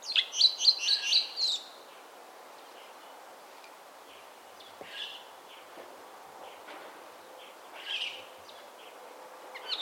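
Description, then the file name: Chestnut-cheeked starling calls: a quick burst of high, chattering chirps in the first two seconds, then scattered soft, faint notes over steady background hiss. "Sturnus philippensis"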